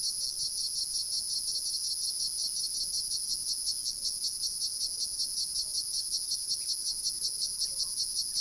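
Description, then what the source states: Cicada song, an unbroken shrill buzz beating in fast regular pulses from start to finish. Recorded at Jomsom, Nepal.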